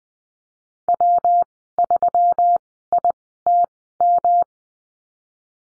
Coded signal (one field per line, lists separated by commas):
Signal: Morse code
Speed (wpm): 20 wpm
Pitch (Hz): 700 Hz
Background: none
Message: W 3 I T M